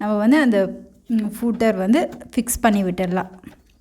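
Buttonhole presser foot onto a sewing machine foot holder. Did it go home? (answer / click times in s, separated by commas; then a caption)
no / none. A buttonhole presser foot is being handled for fitting onto a sewing machine's foot holder. Someone talks throughout the clip, with no distinct mechanical sound. The foot has not yet seated or clicked into place.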